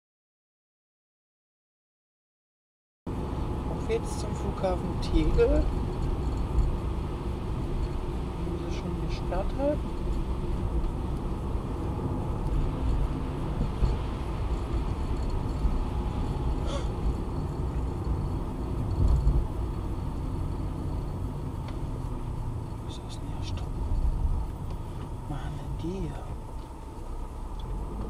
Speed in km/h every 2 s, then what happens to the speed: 40, 40, 39, 37, 38, 40, 40, 41, 38, 34, 27, 21, 13, 10.
0-15 steady at about 40. 15-25 slows to 10.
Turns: none.